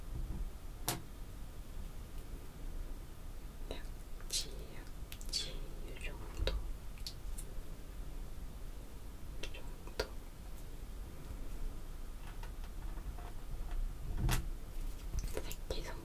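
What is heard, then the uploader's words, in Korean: Acrylic nails tap on perfume bottles and lids, producing sharp, bright clicks spaced irregularly, a few seconds apart, with small clusters around four to six seconds and again near fourteen to sixteen. A steady low hum and faint soft rustling run underneath. 인조손톱 태핑. 향수, 뚜껑 등.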